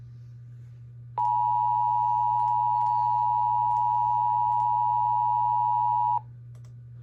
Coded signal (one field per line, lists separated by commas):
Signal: Emergency Alert System (SAME) tones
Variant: 853 and 960 Hz attention tone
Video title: EAS 902: PBZ FLW